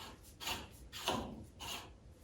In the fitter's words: Once you hear the click, you know it's out.